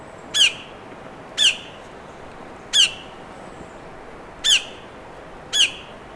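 Bird calls: five single harsh squawks at irregular intervals of a second or more, over a low steady hiss.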